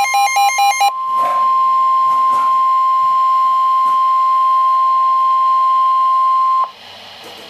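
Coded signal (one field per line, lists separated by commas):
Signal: Emergency Alert System (SAME) tones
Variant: 1050 Hz attention tone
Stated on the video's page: Flood Warnings on NOAA Weather Radio KEC83 (162.400) and WXK97 (162.500), header sent twice.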